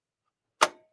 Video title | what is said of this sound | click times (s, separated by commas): Serge ahead with SNL - Serger Sample bench pillow | ahead just keep doing it all right so as we click in place now when I move my hand wheel nothing happens so | 0.6 s